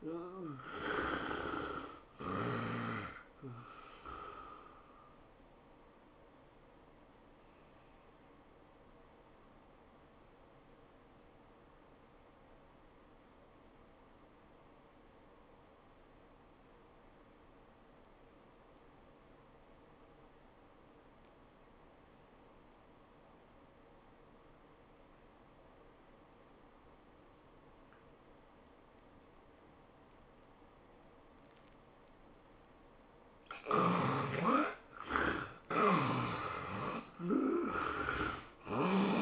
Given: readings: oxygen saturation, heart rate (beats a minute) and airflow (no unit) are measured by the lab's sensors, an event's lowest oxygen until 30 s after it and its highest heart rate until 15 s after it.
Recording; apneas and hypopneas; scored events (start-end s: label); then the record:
breathing in sleep by a voice recorder at the bedside; 1
6.00-33.10 s: hypopnea (N2, oxygen 97% highest, then 68% lowest, heart rate 103 at the start, 104 highest)
From the record:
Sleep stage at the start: N2 (light sleep); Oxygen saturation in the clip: 73 to 97%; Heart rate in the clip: 77 to 103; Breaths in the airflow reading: 4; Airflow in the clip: -17.0 to 18.2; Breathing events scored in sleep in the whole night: 403 in 5.5 hours asleep